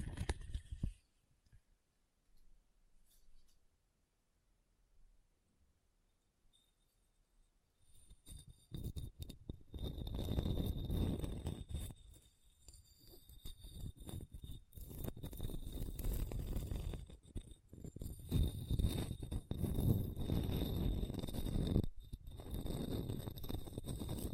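Scratching on a hard, bumpy surface, nearly silent for the first eight seconds apart from a brief scrape at the start. From about eight seconds on it becomes dense, rough and continuous, with irregular bursts and short pauses near 12 and 22 seconds.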